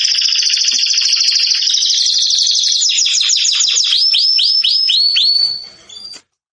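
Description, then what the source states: Canary song: a long rapid rolling trill that slows into a series of separate swooping notes, repeated several times before it stops abruptly. Domestic canary singing in the Persian "rasmi" song style.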